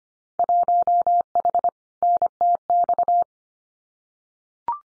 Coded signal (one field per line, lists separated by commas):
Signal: Morse code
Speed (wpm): 25 wpm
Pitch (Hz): 700 Hz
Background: none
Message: 1H NTX